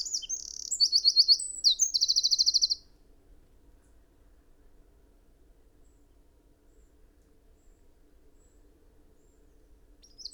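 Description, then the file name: Eurasian wren singing a rapid, high-pitched run of trills and chattering notes for nearly three seconds, followed by a long stretch of near silence. "Troglodytes troglodytes"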